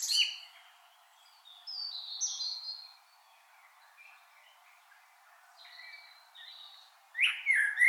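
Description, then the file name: Common blackbird song: a high twitter at the start, scattered thin warbled notes with pauses between them, and a final loud, squeaky rising phrase. "Turdus merula"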